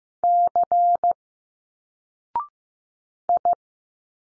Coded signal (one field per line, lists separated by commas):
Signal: Morse code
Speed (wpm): 15 wpm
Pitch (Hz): 700 Hz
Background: none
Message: C I